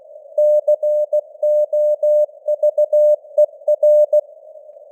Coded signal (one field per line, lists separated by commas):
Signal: Morse code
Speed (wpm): 16 wpm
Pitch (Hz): 600 Hz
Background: none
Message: COVER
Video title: Morse Code News | 2025-12-15 | 16wpm